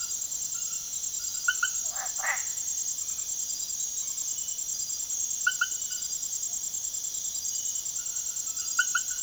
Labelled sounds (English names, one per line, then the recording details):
none
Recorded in secondary vegetation near Puerto Asís, Putumayo, Colombia, on 19 June 2025 at 22:30
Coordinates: 0.489, -76.322
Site G021